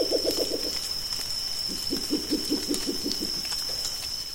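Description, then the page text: Spectacled owl hooting: a short burst of low pulsed hoots, then a longer series of evenly spaced knocking hoots, with a steady high tone behind. Adults of both sexes; recorded 1 April 2025 in a national park in Amambay, Paraguay. "Murucututu (Pulsatrix perspicillata). Guillermo Menéndez"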